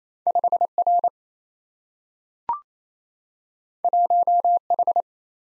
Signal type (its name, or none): Morse code